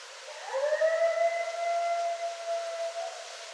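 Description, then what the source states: Coyote howl: one long sustained tone that swoops up at the start, then holds steady and slowly fades over about three seconds. Several coyotes, recorded 24 January 2013.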